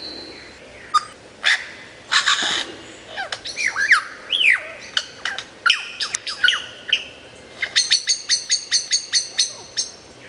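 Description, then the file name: Lyrebird song, a varied run of sharp whistles, squawks and sweeping notes, ending in a fast series of bright repeated chips. "suara lyrebird variasi"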